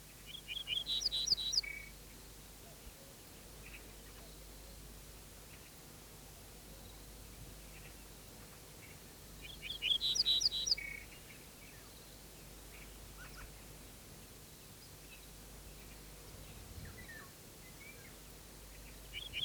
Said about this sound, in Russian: Теперь он внимательно смотрел по сторонам и вслушивался в звуки. С высокого стебля чертополоха снова запела садовая овсянка.